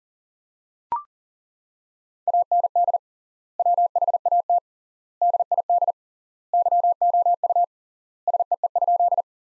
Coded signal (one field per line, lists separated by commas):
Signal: Morse code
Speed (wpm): 40 wpm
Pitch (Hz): 700 Hz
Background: none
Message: AND WHAT DID YOU SEE?